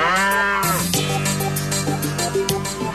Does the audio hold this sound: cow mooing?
yes